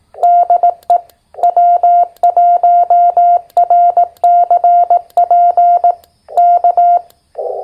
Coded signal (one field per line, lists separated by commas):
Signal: Morse code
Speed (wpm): 18 wpm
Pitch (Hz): 700 Hz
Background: none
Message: DE W1RCP K